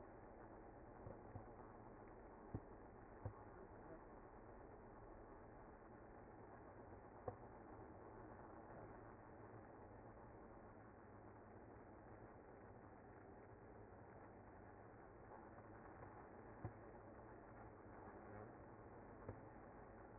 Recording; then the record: honeybee colony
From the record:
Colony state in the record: active